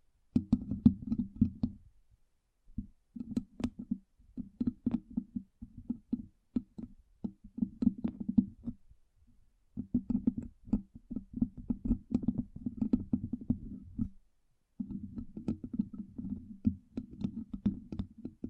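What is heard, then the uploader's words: Rapid fingertip tapping comes in dense bursts, low and muffled, like knocking on a hollow surface. Runs of taps last a few seconds each, separated by brief silences near 2, 9 and 14 seconds, with occasional sharper clicks. ASMR 10 Levels of Tapping Tingle Immunity Treatment No Talking.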